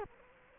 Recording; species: mosquito wingbeat signal from an infrared sensor; Culex quinquefasciatus